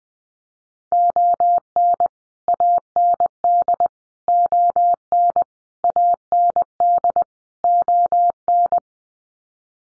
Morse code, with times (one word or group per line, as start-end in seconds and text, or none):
0.9-2.1 ON
2.5-3.9 AND
4.3-5.4 ON
5.8-7.2 AND
7.6-8.8 ON